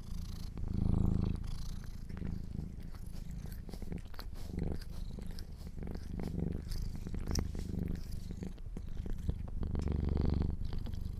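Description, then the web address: Domestic cat purring, a rich low rumble swelling in regular breaths, with scattered clicks and rustles from movement. Kittens purring. "sleepandrelaxasmr - The Purring Kittens"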